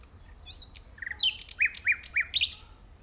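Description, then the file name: Common nightingale song opening with soft high whistles, followed by a run of loud repeated notes. "Luscinia megarhynchos"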